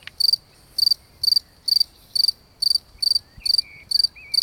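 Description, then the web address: Cricket giving rapid trilled chirps, each a quick cluster of pulses, repeated roughly twice a second, with a few faint chirping notes behind. Recorded during an evening walk. "Abendspaziergang. Grillen"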